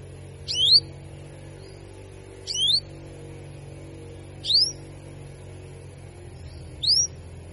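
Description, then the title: Canary calls: four crisp whistled chirps, each a quick drop then a rise, about two seconds apart against a faint steady hum. Female Belgian canary giving 'cuit cuit' calls, used to stimulate male canaries to sing more. "Canto Para Esquentar Canário Belga. Therapy Suara Cuit.. Cuit.. Kenari Betina Bikin Kenari Jantan Makin Gacor"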